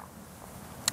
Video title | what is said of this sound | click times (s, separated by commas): Volvo XC 40: Damit erreichen die Schweden ihre ehrgeizigen Ziele nicht // Mobile Wallbox im Einsatz | So, es macht Klick. | 0.9 s